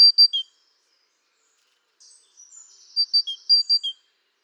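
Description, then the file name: Great tit song: a short high-high-low phrase, a pause, then the same phrase twice more. "Parus major"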